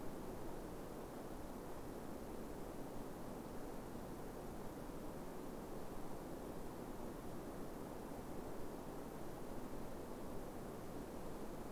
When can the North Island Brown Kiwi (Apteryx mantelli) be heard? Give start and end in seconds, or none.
none